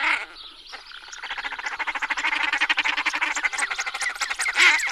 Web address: anseriformes t tadorna